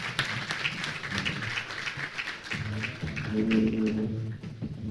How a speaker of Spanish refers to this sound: Y muchísimas gracias a ti, a Lorenzo Mendoza, por haber participado. Brindemos un caluroso aplauso, entonces.